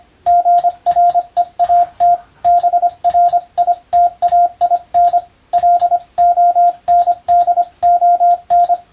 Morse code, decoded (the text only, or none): GREAT BRITAIN LONDON